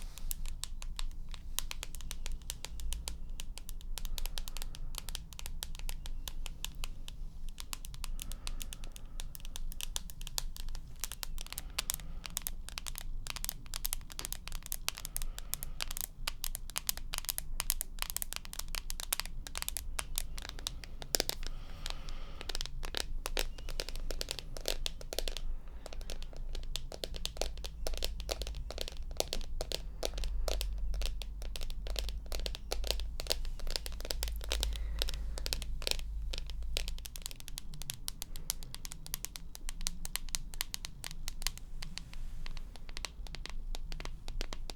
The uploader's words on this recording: 1 HOUR Of Tapping.